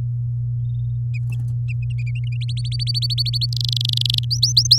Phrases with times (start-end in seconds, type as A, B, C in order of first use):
2.41-3.46 A, 3.52-4.19 B, 4.30-4.78 C